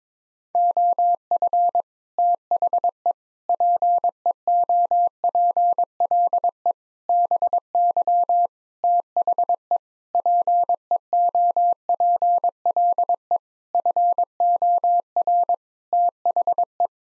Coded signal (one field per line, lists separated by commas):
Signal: Morse code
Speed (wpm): 21 wpm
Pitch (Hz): 700 Hz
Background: none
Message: OF THE PEOPLE BY THE PEOPLE FOR THE